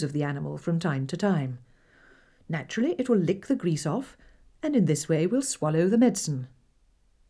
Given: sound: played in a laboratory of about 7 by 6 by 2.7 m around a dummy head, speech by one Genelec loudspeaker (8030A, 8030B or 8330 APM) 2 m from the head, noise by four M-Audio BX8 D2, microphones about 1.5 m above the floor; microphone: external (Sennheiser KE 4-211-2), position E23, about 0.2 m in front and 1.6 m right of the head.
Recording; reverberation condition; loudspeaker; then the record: female speech in English; low; 90 degrees to the right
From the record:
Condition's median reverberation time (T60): about 310 ms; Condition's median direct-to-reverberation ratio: about 3.5 dB